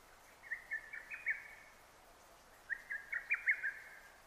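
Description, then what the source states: Lesser cuckoo delivering two loud, chattering phrases of several quick, emphatic notes, with a short pause between them. Recorded on 6 June 2009.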